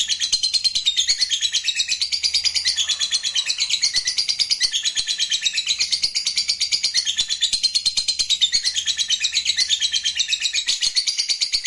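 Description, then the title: Lovebird giving a sustained, shrill, rapidly pulsed chattering song, steady and continuous with no pauses. Recording meant to prompt a lazy lovebird into spontaneous spirited song. "LOVEBIRD Malas Bunyi JADI GREGET SPONTAN Langsung NARIK"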